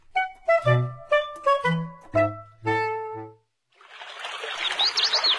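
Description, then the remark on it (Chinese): A run of bright, ringing musical notes gives way to a steady rush of trickling, flowing canal water in a riverside park, with faint high chirps scattered over the watery hiss. “您看这河水多清凉啊。”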